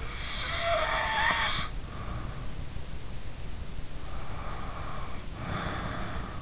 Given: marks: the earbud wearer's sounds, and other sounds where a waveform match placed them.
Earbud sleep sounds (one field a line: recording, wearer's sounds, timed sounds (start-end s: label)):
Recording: sounds in sleep by an in-ear microphone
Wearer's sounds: snoring breath, breath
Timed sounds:
0.02-2.43 s: snoring breath
4.14-6.42 s: breath